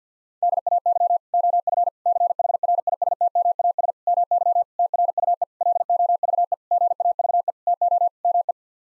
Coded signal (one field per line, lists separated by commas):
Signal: Morse code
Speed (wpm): 50 wpm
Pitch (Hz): 700 Hz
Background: none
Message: DAY OF CHRISTMAS MY TRUE LOVE GAVE TO ME